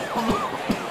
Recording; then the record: coughing mixed with background sound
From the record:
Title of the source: Spring Allergy Coughing